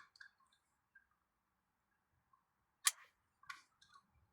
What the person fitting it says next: As you heard, everything clicked.